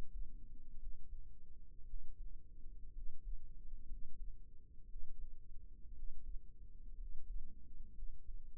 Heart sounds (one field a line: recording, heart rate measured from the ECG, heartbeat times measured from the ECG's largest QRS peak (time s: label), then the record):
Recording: heart sounds by microphone in the right ear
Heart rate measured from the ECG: 59 bpm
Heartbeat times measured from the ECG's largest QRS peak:
0.77 s: heartbeat
1.84 s: heartbeat
2.92 s: heartbeat
3.87 s: heartbeat
4.86 s: heartbeat
5.93 s: heartbeat
6.95 s: heartbeat
7.93 s: heartbeat
From the record:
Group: healthy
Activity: rest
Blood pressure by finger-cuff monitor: 94/52 mmHg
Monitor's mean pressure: 66 mmHg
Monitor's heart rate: 58 bpm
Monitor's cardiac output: 5.7 L/min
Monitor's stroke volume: 97 mL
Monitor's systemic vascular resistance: 790 dyn s/cm5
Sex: male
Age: 22 years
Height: 181 cm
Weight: 79 kg